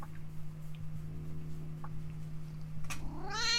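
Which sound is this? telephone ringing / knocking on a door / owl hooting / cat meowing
cat meowing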